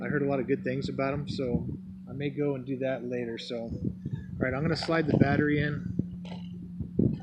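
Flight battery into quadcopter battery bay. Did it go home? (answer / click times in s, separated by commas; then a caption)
yes / 7.0 s. A plastic flight battery is slid into a quadcopter's battery bay and pushed until it seats. Someone talks throughout, with a steady low hum underneath, and a faint scrape near 6.8 seconds. The battery clicks into the bay at 7.0 seconds.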